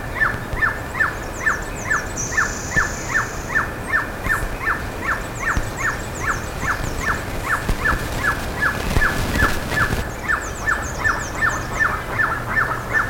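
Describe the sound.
Bird calls: short, downward-slurred notes repeated steadily about two to three times a second. Higher thin, buzzy notes come and go, over a low steady hum.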